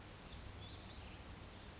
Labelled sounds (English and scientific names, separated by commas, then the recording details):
Western Flycatcher (Empidonax difficilis)
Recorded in Sonoma County, California